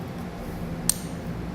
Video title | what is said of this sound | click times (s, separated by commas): etrailer - Trailer Wiring Harness Installation - 2017 GMC Terrain 56094 | you hear it click then | 0.9 s